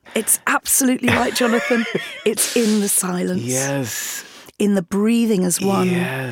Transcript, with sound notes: It's absolutely like Jonathan...
(Laughter).
It's in the silence...
Yes.
...In the breathing as one...